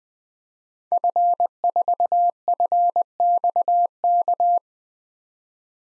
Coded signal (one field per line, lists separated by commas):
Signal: Morse code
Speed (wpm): 20 wpm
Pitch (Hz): 700 Hz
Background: none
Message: F4FXK